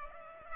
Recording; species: mosquito wingbeat signal from an infrared sensor; Culex pipiens